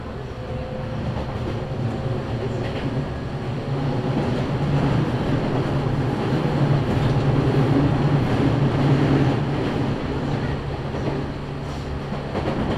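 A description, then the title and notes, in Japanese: Inside a local train, a dense, steady low rumble carries a droning hum underneath. The noise thickens and grows louder from about six to ten seconds, then eases slightly, with faint voices possibly mixed into the background. 中央東線普通 大月→高尾。四方津駅で特急の通過待ちで9分停車します。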